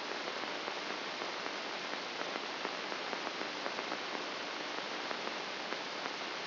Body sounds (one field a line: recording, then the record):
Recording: brain microelectrode recording played as sound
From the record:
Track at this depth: inside the subthalamic nucleus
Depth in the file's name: 0.827 mm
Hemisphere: left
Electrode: 2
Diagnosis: Parkinson's disease